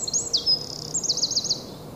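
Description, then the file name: Eurasian wren song, a rapid high-pitched outpouring of sharp whistled notes and trills, ending in a quick series of slurred notes. "Troglodytes troglodytes"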